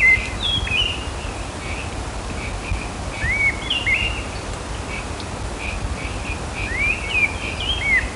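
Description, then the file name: Great thrush uttering rising whistled chirps and short sharp notes, repeated irregularly, over continuous background noise. "Turdus fuscater - Great Thrush"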